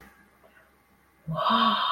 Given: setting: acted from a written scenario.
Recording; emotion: vocal sound without words; awe